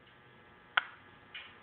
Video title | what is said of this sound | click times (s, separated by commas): How to fix sloppy yamaha blaster kick starter | Hear that click in there? That's it popping into place, and it's so stiff that you can barely | 0.8 s